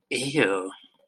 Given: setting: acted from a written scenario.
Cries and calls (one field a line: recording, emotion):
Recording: vocal sound without words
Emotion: disgust